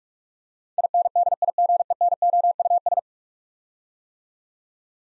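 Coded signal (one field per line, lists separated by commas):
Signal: Morse code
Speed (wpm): 44 wpm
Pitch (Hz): 700 Hz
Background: none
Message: INDIGENOUS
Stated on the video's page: Morse practice drill of ten-letter words sent at 45 wpm, each word sent twice.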